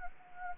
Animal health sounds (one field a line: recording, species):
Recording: mosquito wingbeat signal from an infrared sensor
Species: Anopheles gambiae